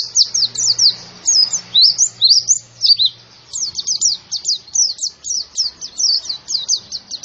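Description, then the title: White-eye singing a fast, continuous stream of thin, high, mostly down-slurred chirps, with a faint low hum in the background. Young bird, described as gacor (singing persistently and energetically). "Pleci Gacor. Anakan Pleci"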